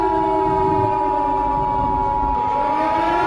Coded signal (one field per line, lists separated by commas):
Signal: Emergency Alert System (SAME) tones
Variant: 853 and 960 Hz attention tone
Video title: EAS Scenario #5: 2nd Civil War